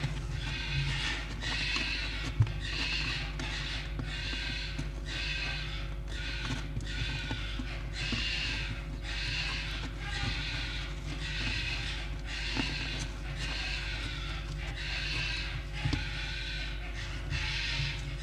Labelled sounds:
Red Fox
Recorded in captivity
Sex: group
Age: adult
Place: Zoologisches Institut der HUB, Berlin, DE
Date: 1956-02-22 15:25
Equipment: Elmetra
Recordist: Tembrock, Günter

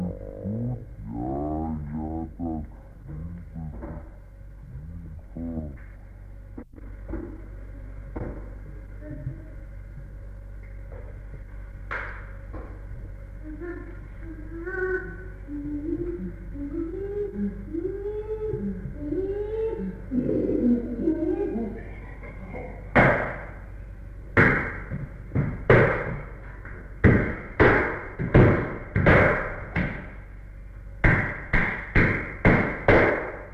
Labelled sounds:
Chimpanzee
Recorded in captivity
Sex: diverse
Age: adult
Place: Tierpark Berlin, Berlin, DE
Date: 1961-01-18
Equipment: Smaragd
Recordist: Korde and Stein

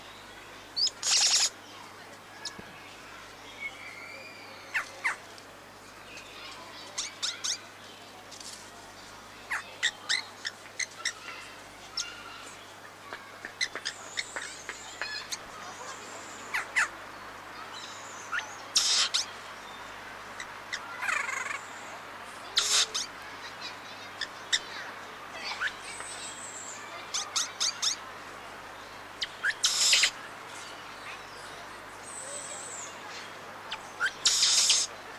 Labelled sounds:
Amazonian Motmot call
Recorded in captivity
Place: Tiergarten Wilhelma/Stuttgart, Baden-Württemberg, DE
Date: 2004-10-03 15:15
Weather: bedeckt - heiter, 17°C
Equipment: Sony WM-D6C, Sennheiser ME 80, Kopie Uher 4000 Report Monitor
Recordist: Tembrock, Günter

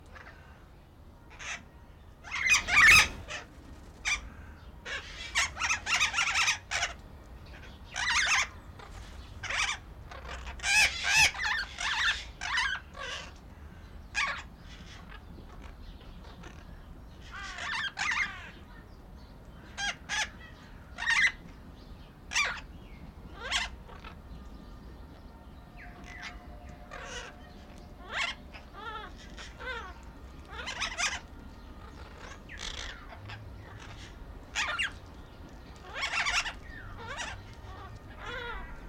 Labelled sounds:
Slender-billed Parakeet call
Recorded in captivity
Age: adult
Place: Zoo Berlin, Berlin, DE
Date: 1995-02-11 12:27
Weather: bedeckt, 6°C
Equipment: Marantz CP 130, Sennheiser ME 80, Kopie Uher Variocord 263
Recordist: Tembrock, Günter

